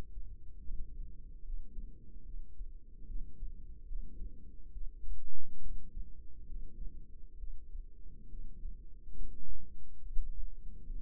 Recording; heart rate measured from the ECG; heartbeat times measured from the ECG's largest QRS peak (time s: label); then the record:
heart sounds by microphone in the right ear; 70 bpm
0.62 s: heartbeat
1.43 s: heartbeat
2.23 s: heartbeat
3.05 s: heartbeat
3.86 s: heartbeat
4.70 s: heartbeat
5.59 s: heartbeat
6.45 s: heartbeat
7.37 s: heartbeat
8.28 s: heartbeat
9.14 s: heartbeat
10.00 s: heartbeat
10.84 s: heartbeat
From the record:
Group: healthy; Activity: rest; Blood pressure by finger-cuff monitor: 101/72 mmHg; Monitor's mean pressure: 81 mmHg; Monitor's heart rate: 72 bpm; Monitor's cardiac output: 5.2 L/min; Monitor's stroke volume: 73 mL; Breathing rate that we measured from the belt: 24 breaths a minute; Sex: female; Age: 32 years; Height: 172 cm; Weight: 71.7 kg